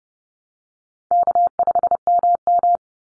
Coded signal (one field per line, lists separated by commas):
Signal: Morse code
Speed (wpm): 30 wpm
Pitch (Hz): 700 Hz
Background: none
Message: K5MM